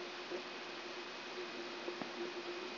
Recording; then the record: brain microelectrode recording played as sound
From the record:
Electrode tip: outside the subthalamic nucleus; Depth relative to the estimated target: 5 mm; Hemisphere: right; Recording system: AlphaMap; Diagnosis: Parkinson's disease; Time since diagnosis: 11 years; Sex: female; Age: 52 years